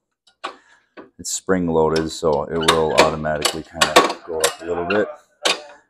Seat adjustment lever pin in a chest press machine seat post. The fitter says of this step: go down let go of it locks in place